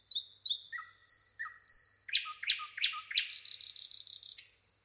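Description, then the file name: Common nightingale song: a few descending whistled notes, then a series of sharp repeated chip notes, ending in a rapid buzzy rattle. "Luscinia megarhynchos"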